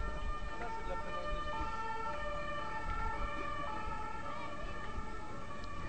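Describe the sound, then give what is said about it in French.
A loud emergency siren wails steadily over rumbling street traffic, its stacked tones holding and shifting slightly in pitch as vehicles pass. “On va laisser passer les voitures et puis après on va reprendre.”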